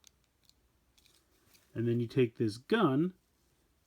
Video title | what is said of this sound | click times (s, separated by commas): Transformers Bumblebee Target Exclusive Bumblebee Cassette Pack Review | And then this goes down and clicks into place. | 0.1 s